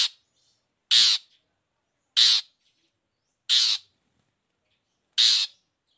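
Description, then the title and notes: Long-tailed shrike calls: loud harsh rasping notes, each about a third of a second, repeated about every one and a half seconds with silence between. Sung in the morning; the bird's varied 'toet toet' song is played as a lure to provoke other long-tailed shrikes into answering and singing along. "Cendet Gacor Dor Di Kala Pagi Toet Toet Variasi Suara. Pancingan Emosi Cendet Gacor Full Variasi Toet Toet Bikin Nyaut Cendet Lain Langsung Ikutan Bunyi. Burung cendet"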